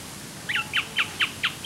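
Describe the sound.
Bird calls, a quick series of short descending chirps, about four per second, over a faint low background hum.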